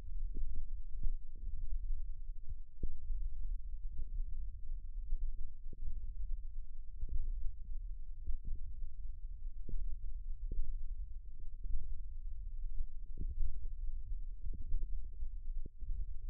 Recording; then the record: forearm muscle sounds (acoustic myography)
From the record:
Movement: thumb flexion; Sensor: system 1, eight BSWA MPA416 microphones around the upper forearm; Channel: 6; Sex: female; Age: 21 years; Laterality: right